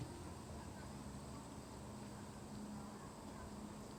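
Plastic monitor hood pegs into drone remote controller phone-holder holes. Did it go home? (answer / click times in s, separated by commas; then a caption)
no / none. A plastic monitor hood is being handled, with its pegs being pushed toward the holes on the phone holder of a DJI Mavic Air 2 drone remote controller. Only a steady low background hum with a faint tone is heard, with no distinct clicks. Nothing has seated or snapped into place yet.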